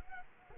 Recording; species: mosquito wingbeat signal from an infrared sensor; Culex quinquefasciatus